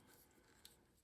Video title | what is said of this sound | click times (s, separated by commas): 52 Toys, Beast Box: Wandering Star. | there and snap into place | 0.7 s